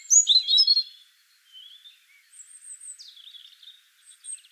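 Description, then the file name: European robin with a loud opening burst of twittering notes, then quieter thin high whistles and a soft descending trill. "Erithacus rubecula"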